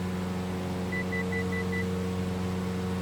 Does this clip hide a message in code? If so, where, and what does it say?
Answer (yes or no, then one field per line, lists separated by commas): no